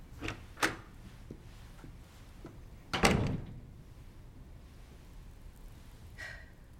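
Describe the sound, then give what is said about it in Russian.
A door opens with a couple of short clicks and a creak, then shuts with a heavier thud as Mrs. Dickinson walks to the door and leaves the room in the series Dickinson, followed by quiet room tone and a faint final rattle. “Миссис Дикинсон подходит к двери и выходит из комнаты.”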